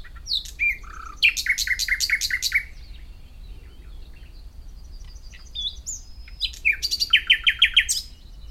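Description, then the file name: Common nightingale song with two loud bursts of rapid repeated notes, separated by soft clicks and short whistles. "Luscinia megarhynchos"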